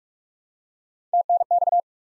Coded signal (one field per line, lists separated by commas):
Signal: Morse code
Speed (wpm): 48 wpm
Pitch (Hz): 700 Hz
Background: none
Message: TNX